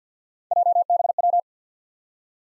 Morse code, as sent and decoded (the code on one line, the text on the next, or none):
.--- -... .--
JBW